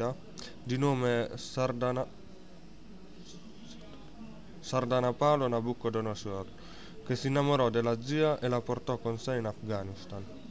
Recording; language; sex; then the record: read passage; Italian; male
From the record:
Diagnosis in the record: healthy control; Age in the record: 19 years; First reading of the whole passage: 55 s, 9.5 characters per second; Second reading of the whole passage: 47 s, 11.1 characters per second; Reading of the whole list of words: 45 s, 6.2 characters per second